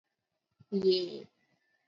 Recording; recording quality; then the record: sustained vowel as in made; excellent, no background noise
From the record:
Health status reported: healthy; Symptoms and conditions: cough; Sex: female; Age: 32 years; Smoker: not ticked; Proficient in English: yes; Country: India